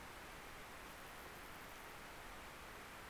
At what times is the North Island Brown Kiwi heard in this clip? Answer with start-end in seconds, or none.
none